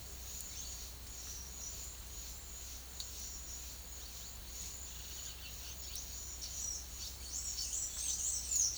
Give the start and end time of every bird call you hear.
6.47s-8.78s: bird call

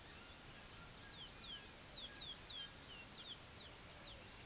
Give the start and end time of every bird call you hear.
0.65s-4.44s: bird call

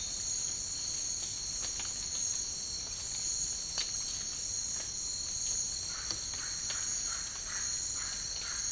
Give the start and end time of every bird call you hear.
5.68s-8.71s: bird call

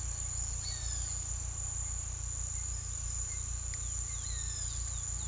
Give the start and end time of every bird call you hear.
0.56s-1.09s: bird call
3.63s-5.28s: bird call

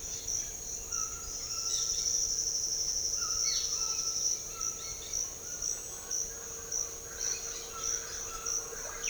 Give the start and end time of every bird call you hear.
1.67s-2.19s: bird call
3.41s-5.20s: bird call
7.12s-9.10s: bird call

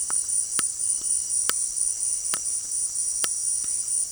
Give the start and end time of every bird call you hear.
1.80s-4.11s: bird call

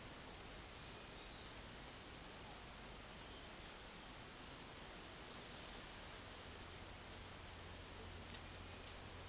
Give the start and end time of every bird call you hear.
0.84s-1.59s: bird call

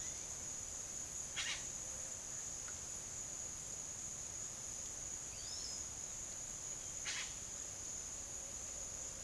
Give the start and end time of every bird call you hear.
1.32s-1.61s: bird call
5.31s-5.82s: bird call
6.99s-7.32s: bird call

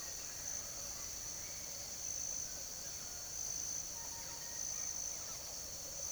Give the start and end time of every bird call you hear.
2.40s-3.30s: bird call
3.91s-6.04s: bird call

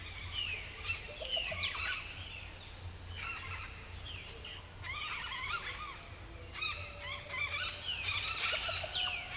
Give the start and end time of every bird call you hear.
0.00s-2.03s: bird call
3.07s-3.75s: bird call
4.02s-6.01s: bird call
6.51s-9.37s: bird call

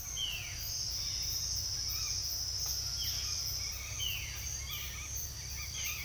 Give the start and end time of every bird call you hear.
0.14s-0.70s: bird call
1.03s-2.18s: bird call
2.90s-6.04s: bird call

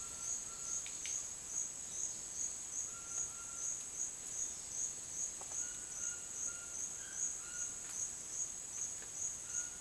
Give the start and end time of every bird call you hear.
5.45s-7.72s: bird call

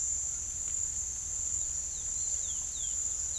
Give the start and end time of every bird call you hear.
2.10s-3.38s: bird call

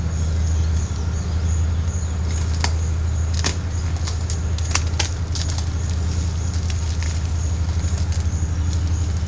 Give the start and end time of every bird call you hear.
0.18s-1.54s: bird call

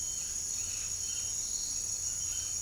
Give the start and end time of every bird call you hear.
0.00s-2.61s: bird call

